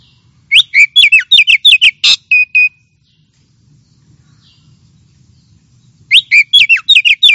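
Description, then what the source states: Oriental magpie-robin song: a fast burst of varied whistled and chattering notes, a pause of a few seconds, then another rapid phrase of whistled notes. Champion singing bird, chirping song.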